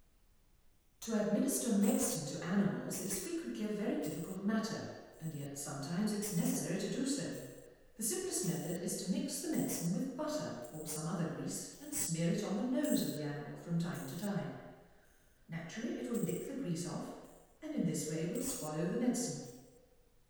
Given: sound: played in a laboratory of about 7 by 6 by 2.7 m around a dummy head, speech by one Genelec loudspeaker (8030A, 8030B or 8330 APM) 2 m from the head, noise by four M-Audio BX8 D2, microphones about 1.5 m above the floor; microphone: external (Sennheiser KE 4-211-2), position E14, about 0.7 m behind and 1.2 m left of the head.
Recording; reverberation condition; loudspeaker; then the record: female speech in English; high; 30 degrees to the right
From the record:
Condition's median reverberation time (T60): about 1300 ms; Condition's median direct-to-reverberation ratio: about -4.0 dB